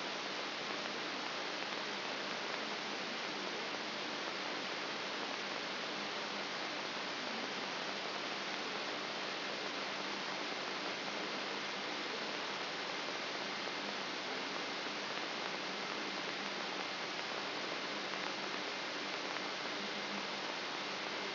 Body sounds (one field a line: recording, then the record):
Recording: brain microelectrode recording played as sound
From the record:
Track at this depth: outside the subthalamic nucleus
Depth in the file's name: 6.501 mm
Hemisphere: left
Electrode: 3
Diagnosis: Parkinson's disease